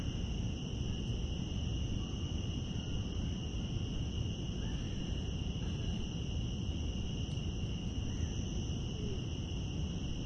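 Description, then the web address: Cicadas droning steadily, a sustained high buzz without rhythm or breaks, with a deep background rumble resembling road noise. Cicadas recorded outdoors in Central Park. "Lynne Music Central-Park-Cicadas"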